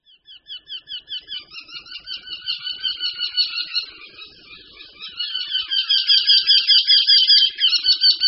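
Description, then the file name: Eurasian wryneck notes in long, overlapping nasal series that grow louder toward the end. "Krutihlav-obecný"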